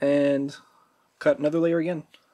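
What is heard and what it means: Someone talks while handling a metal dovetail tenon that will be slid into a rifle barrel's dovetail slot with a third shim layer of tin foil under it. Nothing has seated or clicked yet; the tenon has not gone home by the end of the clip.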